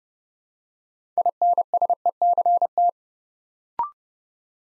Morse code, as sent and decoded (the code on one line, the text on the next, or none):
.. -. ... . -.-. -
INSECT